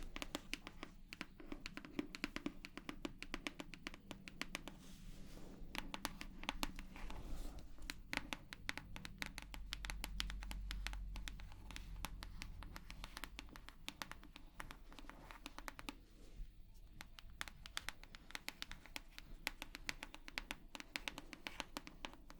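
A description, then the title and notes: Rapid, dense tapping clicks continue throughout, uneven in rhythm, with a low rumble swelling around ten seconds and a brief pause near sixteen. 100% Tapping.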